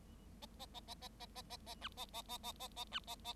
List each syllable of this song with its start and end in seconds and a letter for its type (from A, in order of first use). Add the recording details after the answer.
0.41-0.46 A, 0.59-0.66 A, 0.74-0.80 A, 0.87-0.94 A, 1.01-1.08 A, 1.19-1.26 A, 1.35-1.42 A, 1.49-1.57 A, 1.66-1.74 A, 1.81-1.88 B, 1.97-2.05 A, 2.13-2.22 A, 2.28-2.38 A, 2.43-2.52 A, 2.59-2.68 A, 2.76-2.84 A, 2.91-2.99 B, 3.07-3.15 A, 3.24-3.33 A. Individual Bird7